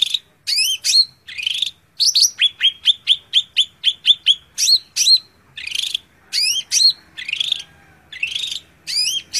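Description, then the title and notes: Greater green leafbird song of varied phrases: a quick run of clipped chirps between rising, looping whistles and raspy, noisy notes, with short pauses. Song intended as training material (masteran) for caged birds to learn from. "Suara Burung Cucak Ijo. mantap buat masteran burung cak ijo"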